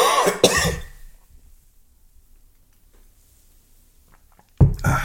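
An adult man with a cold gives a pair of harsh, voiced coughs, then after a pause one more.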